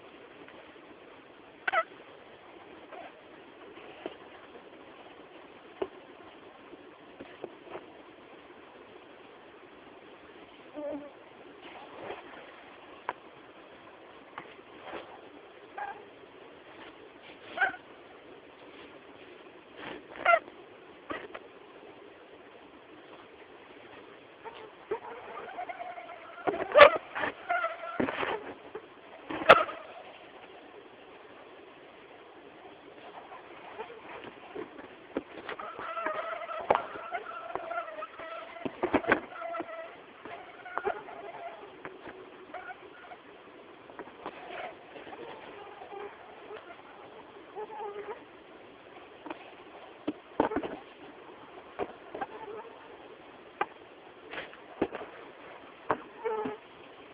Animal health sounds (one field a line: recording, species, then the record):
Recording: mosquito flight sound by mobile phone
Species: Anopheles freeborni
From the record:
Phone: Samsung T209